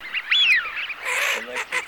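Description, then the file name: Eurasian wigeon whistle: one clear, high wheeoo sliding steeply downward, followed by a softer, rough chatter of overlapping calls. Wigeon calls for use as a hunting lure. "Свиязь Fischione"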